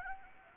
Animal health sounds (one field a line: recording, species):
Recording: mosquito wingbeat signal from an infrared sensor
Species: Anopheles gambiae